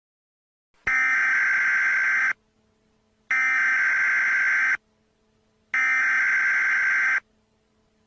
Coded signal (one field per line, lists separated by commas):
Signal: Emergency Alert System (SAME) tones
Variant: header bursts